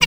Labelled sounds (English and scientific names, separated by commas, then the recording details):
Zebra Finch (Taeniopygia guttata) tet call
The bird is a male
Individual mal2